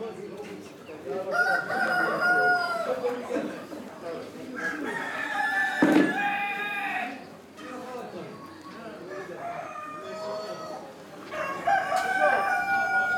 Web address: Morocco sound library by Faunethic Market for chicken hen and bird outdoor, voices and activity